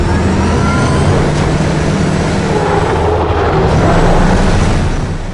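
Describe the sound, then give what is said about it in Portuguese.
The Batmobile's powerful engine roars loudly and continuously for several seconds as it accelerates through the city, a deep rumbling drone under a rough, blasting wash of noise, with no voices. “Simplesmente chega, ele vem acelerando aquela porra, a cidade inteira.”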